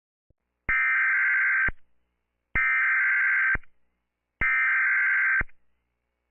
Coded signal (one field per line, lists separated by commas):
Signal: Emergency Alert System (SAME) tones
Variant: header bursts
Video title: EAS be like: